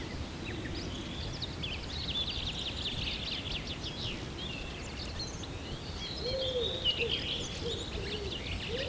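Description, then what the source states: Birds: busy high-pitched bird chorus of overlapping chirps and twitters, with a few low arched coos joining near the end over a background hiss. Birds at sunrise, early morning.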